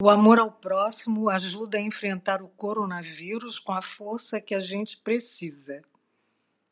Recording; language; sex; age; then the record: spoken sentence; Brazilian Portuguese; female; 70 to 79 years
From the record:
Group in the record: control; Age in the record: 76 years